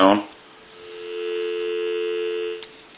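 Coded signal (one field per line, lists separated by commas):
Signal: telephone call progress tone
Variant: North America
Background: speech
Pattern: dial tone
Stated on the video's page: Tone heard during checkout and repair of a Western Electric Princess telephone.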